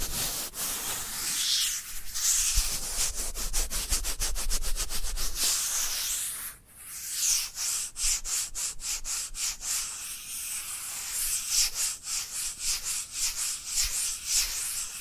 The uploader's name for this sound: Dry Dry Dry Hand Sounds